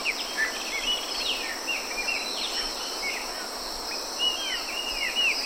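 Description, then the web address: Chopi blackbird song of short slurred whistles and clear rising and falling notes, over a steady high insect hiss. "cantos chopi"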